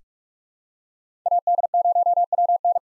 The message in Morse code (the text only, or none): AD0WN